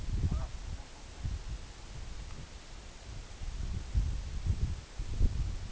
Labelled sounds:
Canada Goose
King Eider
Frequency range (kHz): Canada Goose 0.1-1.7 kHz
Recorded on Arctic tundra, site EABA-1, on 26 June 2018
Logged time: 08:00

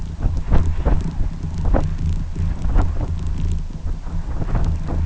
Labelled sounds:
none
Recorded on Arctic tundra, site UTQI-2, on 11 June 2019
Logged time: 20:00

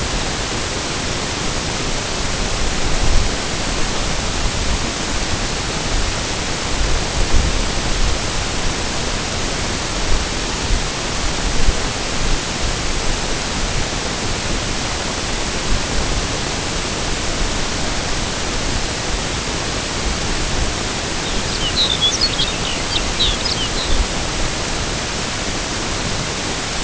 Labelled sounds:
Lapland Longspur
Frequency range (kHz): Lapland Longspur 1.9-6.9 kHz
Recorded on Arctic tundra, site NAIT-1, on 22 June 2018
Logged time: 15:00

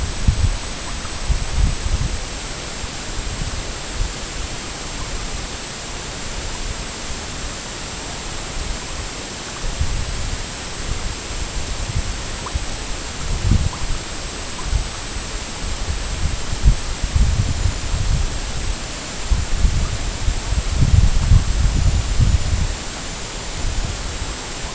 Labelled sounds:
none
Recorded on Arctic tundra, site EABA-MC, on 22 June 2019
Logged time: 00:00

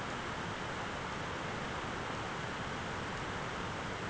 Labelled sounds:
none
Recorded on Arctic tundra, site ZACK-1, on 13 June 2019
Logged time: 03:49

